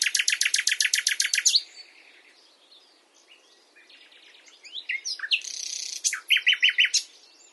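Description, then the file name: Common nightingale song: a loud, rapid run of repeated sharp notes, then soft varied twitters, a buzzy phrase and another quick series of ringing notes. "Luscinia megarhynchos"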